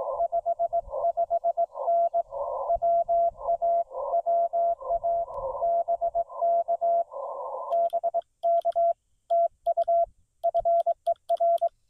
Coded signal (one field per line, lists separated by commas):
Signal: Morse code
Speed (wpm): 22 wpm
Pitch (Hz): 680 Hz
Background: music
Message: 55N WA WA BK BK TU FER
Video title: CW POTA at Black Kettle National Grasslands